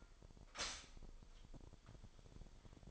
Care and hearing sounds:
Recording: daily activity, microphone in the room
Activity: stop toaster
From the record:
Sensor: 5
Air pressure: 1002.1 hPa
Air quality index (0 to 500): 208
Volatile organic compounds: 20 ppm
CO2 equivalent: 2701 ppm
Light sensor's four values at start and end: 33/106/40/43 and 33/107/40/43

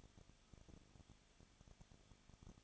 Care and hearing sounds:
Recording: daily activity, microphone in the room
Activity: no activity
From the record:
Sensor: 4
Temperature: 23.0 degrees Celsius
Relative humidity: 34.2%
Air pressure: 1007.3 hPa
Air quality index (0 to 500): 214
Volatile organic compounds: 14 ppm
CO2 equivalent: 2469 ppm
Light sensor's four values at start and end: 2/3/1/1 and 2/3/1/1

